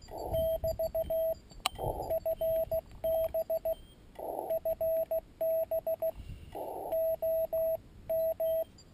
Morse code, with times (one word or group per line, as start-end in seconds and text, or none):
0.3-1.3 <BT>
2.1-3.7 FB
4.5-6.1 FB
6.9-8.6 OM